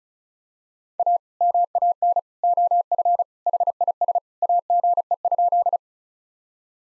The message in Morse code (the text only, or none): A MAN OF HIS AGE?